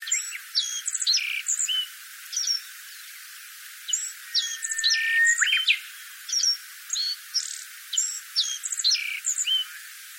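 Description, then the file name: Reed bunting song: several short phrases of sharp, high chirps and clipped notes. "oojyurin"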